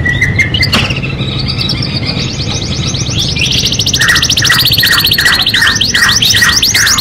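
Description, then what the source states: Domestic canary song with fast buzzy rolling trills, then a run of repeated down-slurred notes about three per second beneath a high rattling trill. Domestic canary described as gacor, singing constantly, and as a first-place champion.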